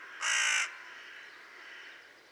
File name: Corvus corone